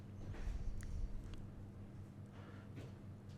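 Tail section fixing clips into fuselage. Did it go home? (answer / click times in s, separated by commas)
yes / 0.8 s, 1.3 s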